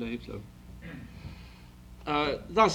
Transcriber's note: coughs